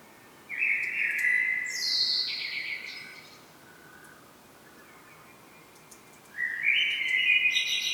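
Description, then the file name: Common blackbird song: a fluted low phrase leaps to a shrill high twitter, followed by silence and the start of another mellow phrase. "Turdus merula"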